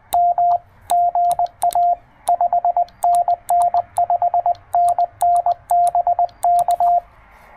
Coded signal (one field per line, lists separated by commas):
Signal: Morse code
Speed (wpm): 19 wpm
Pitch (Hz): 690 Hz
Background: radio noise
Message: M GA 5NN 5NN BK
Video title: It's Good to be Back: First POTA Activation Post-Hurrican Helene!